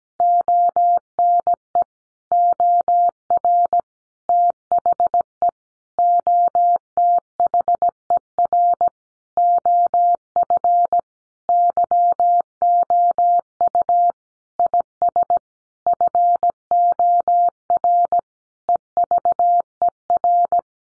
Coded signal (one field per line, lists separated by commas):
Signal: Morse code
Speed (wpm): 17 wpm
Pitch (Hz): 700 Hz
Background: none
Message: ONE OR THE OTHER OF YOU IS FOR EVER